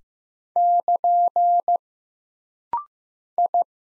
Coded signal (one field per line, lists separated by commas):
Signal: Morse code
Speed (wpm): 15 wpm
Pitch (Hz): 700 Hz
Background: none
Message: <KN> I